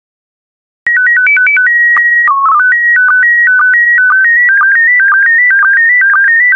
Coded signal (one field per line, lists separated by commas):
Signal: SSTV (slow-scan television)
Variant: PD 120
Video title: 146041 Monaco SSTV PD120